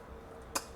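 A plastic belt panel on the waist of a small-scale Magic Square MS "Phantom" transforming robot toy is folded out and pressed into place. A single short, sharp click at 0.6 s stands out against a quiet background as the panel snaps in. The panel seats, with the groove fitting the front piece and the clip holding the waist.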